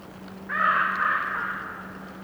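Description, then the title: Bird giving one long, harsh, drawn-out croak that fades slowly, with a low steady hum underneath. Bird croaking during a windy storm with trees rustling. "GameAudioGDC. Windy storm with trees rustling and bird croaking"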